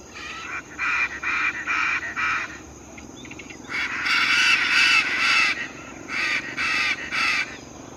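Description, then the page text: Chestnut-fronted macaw giving harsh, raucous squawks in rapid series, about two per second: a first burst, a brief pause, then two more bursts, the middle one loudest. Adults of both sexes; Laguna Curichi Cuajo, Buena Vista, Santa Cruz department, Bolivia; 23 January 2016. "Guacamayo Severo (Ara severus). Nicolas Olejnik"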